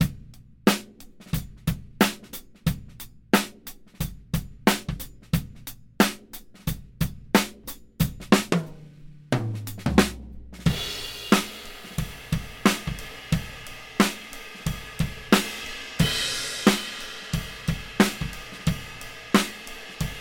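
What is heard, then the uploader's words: Drums play a steady beat of sharp hits, evenly spaced at roughly two or three per second, with low thumps underneath. Near the tenth second a brief low rumble fills a gap, then a bright sizzling cymbal wash joins and rings beneath the hits to the end. Drums | Doug Yowell | Baby Bottle Room Mic by Blue Microphones.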